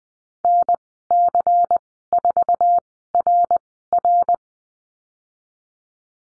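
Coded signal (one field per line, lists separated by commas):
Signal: Morse code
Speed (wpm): 20 wpm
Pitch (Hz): 700 Hz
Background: none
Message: NC4RR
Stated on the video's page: Morse course lesson on letter W and call signs, Farnsworth speed 20/10 wpm.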